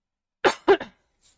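A quick run of three harsh coughs from an adult woman in under half a second, each a short noisy burst with the last two nearly joined. The coughs are loose and throaty, with a hint of throat clearing, from an ongoing bad cough.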